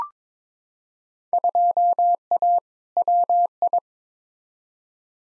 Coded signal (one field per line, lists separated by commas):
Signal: Morse code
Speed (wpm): 22 wpm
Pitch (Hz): 700 Hz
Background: none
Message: 2A WI